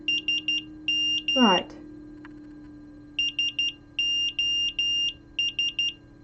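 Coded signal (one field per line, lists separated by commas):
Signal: Morse code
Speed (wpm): 12 wpm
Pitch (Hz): 2800 Hz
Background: speech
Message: SM SOS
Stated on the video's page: SOS sent in Morse code by an active buzzer driven by an Arduino Uno R4.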